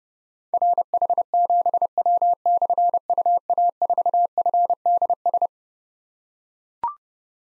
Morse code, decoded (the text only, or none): RH7W/UA4FDS